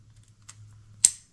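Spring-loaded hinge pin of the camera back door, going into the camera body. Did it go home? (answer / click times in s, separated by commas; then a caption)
yes / 1.1 s. While the film back door of a Canon AE-1 Program SLR camera is refitted, its small spring-loaded hinge pin is pulled down and released into its hole at the bottom of the camera body. After a faint tick at 0.5 s, a sharp, loud metal snap at 1.1 s shows the pin seating in place.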